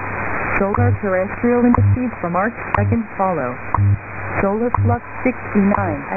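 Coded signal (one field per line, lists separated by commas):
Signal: radio time signal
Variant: WWV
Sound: male voice announcement over a low hum, with a short tick about every second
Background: radio static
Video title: 14 - WWV Atomic Clock [5000 kHz AM] [03-03-20]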